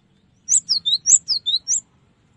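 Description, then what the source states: Cinereous Tit song: a quick run of seven high, sharp whistled notes, stepping down in pitch in repeated groups of three, with slight downward slurs, lasting just over a second. Song used to train caged birds.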